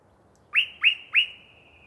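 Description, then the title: Yellow-breasted chat song: three strong upslurred whistled notes in quick succession, the last tone trailing out steadily in a quiet setting. Long pre-dawn song bout from a particularly chatty bird in deciduous cover. "A Very Chatty Yellow-breasted Chat"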